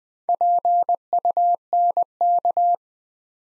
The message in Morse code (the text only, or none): PUNK